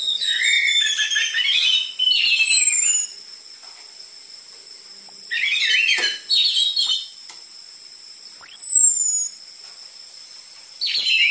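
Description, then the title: Orange-headed thrush giving short, loud bursts of sliding, twisting warbles with long gaps between, accompanied by occasional thin falling whistles and a steady high background tone. Lure recording for training caged orange-headed thrushes; prolific singing with dense fill material, suited as master song for the spotted Trotol form. "PANCINGAN Anis Merah Gacor Materi Isian Rapat Cocok Untuk MASTERAN Anis Merah TROTOL"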